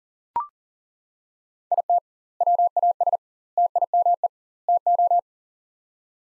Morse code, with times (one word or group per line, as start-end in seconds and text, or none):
1.7-2.0 IT
2.4-3.2 WAS
3.6-4.3 TIME
4.7-5.2 TO